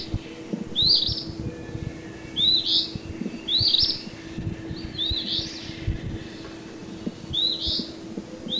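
Eastern phoebe with hoarse, buzzy phrases repeated at short intervals, set against a noisy background with a steady low hum.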